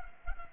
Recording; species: mosquito wingbeat signal from an infrared sensor; Culex pipiens